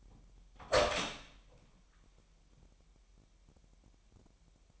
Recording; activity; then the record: daily activity, microphone in the room; open door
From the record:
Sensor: 1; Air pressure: 998.4 hPa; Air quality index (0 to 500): 135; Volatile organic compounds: 4 ppm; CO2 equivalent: 1621 ppm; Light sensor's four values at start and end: 18/61/24/25 and 18/60/24/25